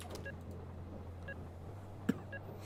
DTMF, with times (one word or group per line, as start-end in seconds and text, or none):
none